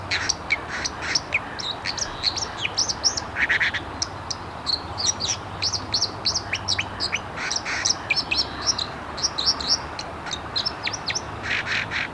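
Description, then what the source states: White-throated Dipper: long run of rapid, sharp twittering notes with brief buzzy bursts, nearly nonstop over broad background noise. Recorded at Tyyrinvirta.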